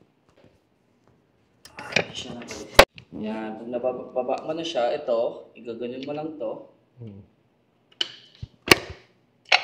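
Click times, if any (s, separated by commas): 8.0 s, 8.7 s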